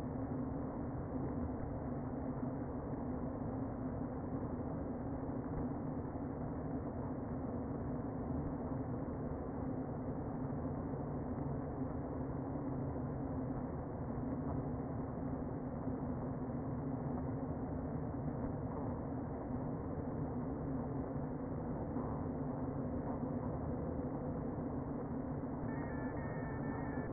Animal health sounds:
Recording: honeybee colony, microphone inside the hive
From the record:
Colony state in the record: queen present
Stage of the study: before two queens were removed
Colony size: about 60,000 bees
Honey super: yes

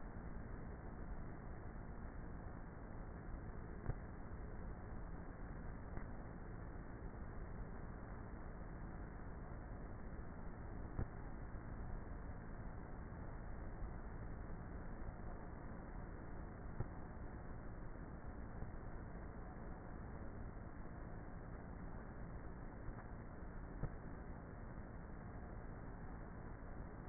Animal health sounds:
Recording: honeybee colony, microphone inside the hive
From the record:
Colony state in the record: queenless with a low population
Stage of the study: before two queens were removed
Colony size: about 30,000 bees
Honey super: no

